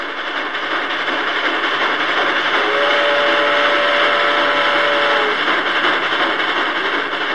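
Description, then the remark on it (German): A model railway locomotive runs along the track with a steady, loud whirring rumble, and a thin electric motor whine emerges in the middle for a few seconds before fading back into the drone. “desto stärker ist der Strom und desto schneller fährt die Lok”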